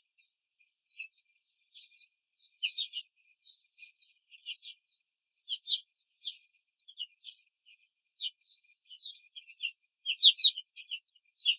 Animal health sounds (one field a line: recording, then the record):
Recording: young laying hens in a cage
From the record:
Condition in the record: control cage, before the stress test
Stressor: none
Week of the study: 4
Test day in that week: 1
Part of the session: 4